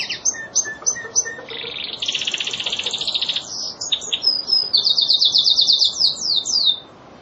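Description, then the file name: Lizard canary singing a rapid, varied song of high trills, buzzy rolls and sweeping whistled notes, changing phrase every second or so before stopping abruptly. Lizard breed domestic canary, used to train songbirds. "kenarilizard omkicau"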